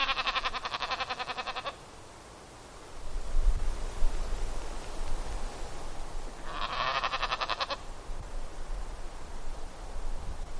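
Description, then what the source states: Dall sheep bleats, two harsh, buzzy calls of one to two seconds each, the first at the start and another near seven seconds, over low rumbling background noise. Recorded in Denali, Alaska, on 6 July 2011 at 06:48.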